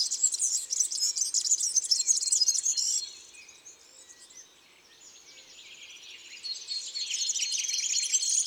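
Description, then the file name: European serin song: a three-second burst of shrill, buzzy twittering, a quieter pause, then another bout of fast jingling notes. "Serin cini"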